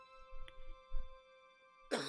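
A man rescued from the sea, lying down as fishermen help him bring up water, coughs violently in several choking bursts: a few heavy, low coughs followed by a sharper, louder hack at the end, with a steady tonal hum underneath.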